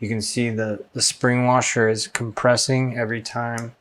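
Someone talks while handling the tightened pivot pin ratchet of a Keyport Pivot 2.0 key organizer, whose spring washer compresses as the pin is turned. The pin is meant to click into a detent every 90 degrees so the keys cannot flop out, but nothing has seated or clicked yet in this clip.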